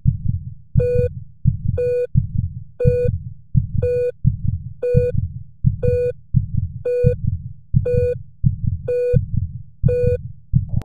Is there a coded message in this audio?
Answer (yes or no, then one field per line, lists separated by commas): no